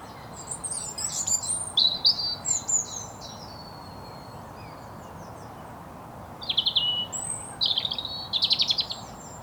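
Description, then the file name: European robin singing two separate high, sweet phrases, the first a silvery cascade of thin notes, the second a brisk run of sharp twittering trills after a pause. "Erithacus rubecula"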